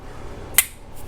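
Pressing the small button, or plunger, on an assisted-opening pocketknife (not a true switchblade) releases the metal blade, which springs out of its handle. It makes one sharp, bright metallic snap at 0.6 s against a quiet background, followed by a short fading ring. The blade is released and open.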